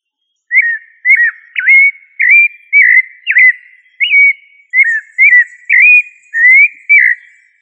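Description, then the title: Thrush delivering about a dozen separate whistled phrases, evenly spaced, each briefly dipping or rising, steady and unhurried. "Familia Turdidae - Sabia"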